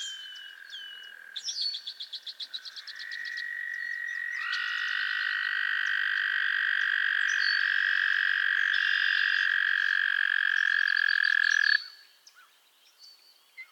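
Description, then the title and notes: Frogs calling: a trill with short rapid pulsed notes over it, then a long steady trill lasting about seven seconds that ends suddenly. Chorus of frogs calling to one another on a summer evening at Miners Marsh, Annapolis Valley, Nova Scotia. "Theraphonia - Frogsong at Miners Marsh. A chorus of frogs croon to one another on an idyllic summer evening in Miners Marsh, Annapolis Valley, Nova Scotia"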